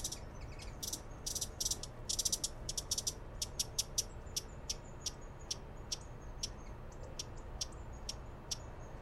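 Broad-billed hummingbird calls: sharp, high clicking notes in dense clusters early on, then a steady series of single ticks, with soft low background noise.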